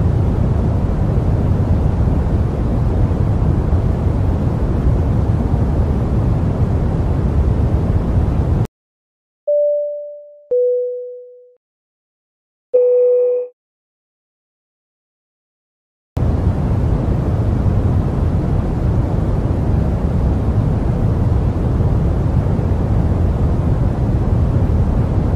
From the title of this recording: Airplane white noise with dings